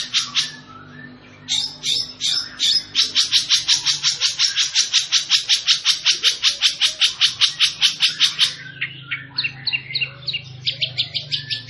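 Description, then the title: Long-tailed shrike song, a fast series of harsh, buzzy high notes repeated about two or three times a second, steady for several seconds, then broken into varied chirps, with a faint low hum. Singing bird described as 'gacor', a local term for a bird in full, vigorous song. "Cendet Gacor"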